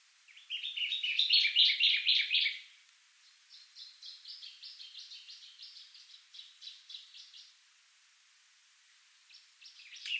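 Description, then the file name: Common chaffinch song: one loud, fast trilled phrase, then a softer, longer series of similar notes and a fresh phrase starting at the end. "Fringilla coelebs"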